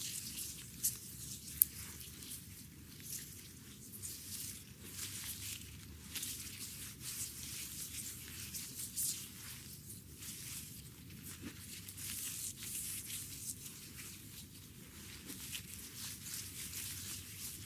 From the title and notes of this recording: Very tenderly ASMR foot massage with rose petals. Delicate and romantic foot massage with rose petals.